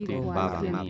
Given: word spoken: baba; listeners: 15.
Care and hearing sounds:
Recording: one Spanish word in noise, from a listening test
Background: four-talker babble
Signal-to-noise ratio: -0.1 dB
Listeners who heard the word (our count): 2 of 15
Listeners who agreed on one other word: 7 of 15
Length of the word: 0.50 s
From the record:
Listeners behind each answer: 7, 2, 1, 1, 1, 1, 1, 1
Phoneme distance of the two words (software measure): 10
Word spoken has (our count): 2 syllables, 4 phonemes, stress on syllable 1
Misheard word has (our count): 2 syllables, 4 phonemes, stress on syllable 1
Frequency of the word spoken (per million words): 2.44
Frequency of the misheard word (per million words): 5.33

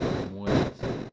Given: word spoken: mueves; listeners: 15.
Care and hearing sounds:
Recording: one Spanish word in noise, from a listening test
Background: noise modulated by one talker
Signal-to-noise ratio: -11.7 dB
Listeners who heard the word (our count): 1 of 15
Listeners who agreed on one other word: 7 of 15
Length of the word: 0.73 s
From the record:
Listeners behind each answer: 7, 2, 2, 1, 1, 1, 1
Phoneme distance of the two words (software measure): 10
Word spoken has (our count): 2 syllables, 6 phonemes, stress on syllable 1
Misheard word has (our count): 2 syllables, 6 phonemes, stress on syllable 1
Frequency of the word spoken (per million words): 0.68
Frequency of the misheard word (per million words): 1.28

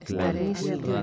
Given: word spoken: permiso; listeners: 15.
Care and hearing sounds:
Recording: one Spanish word in noise, from a listening test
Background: four-talker babble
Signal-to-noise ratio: -2.4 dB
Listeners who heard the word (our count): 0 of 15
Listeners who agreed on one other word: 8 of 15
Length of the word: 0.63 s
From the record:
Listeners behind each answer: 8, 6, 1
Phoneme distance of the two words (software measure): 57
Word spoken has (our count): 3 syllables, 7 phonemes, stress on syllable 2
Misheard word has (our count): 3 syllables, 6 phonemes, stress on syllable 3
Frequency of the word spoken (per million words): 32.38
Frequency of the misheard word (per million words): 6.79

